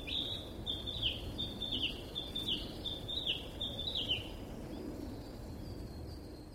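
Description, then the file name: Narcissus flycatcher song, a series of bright whistled notes with downward slurs lasting about four seconds, then quiet. "kibitaki"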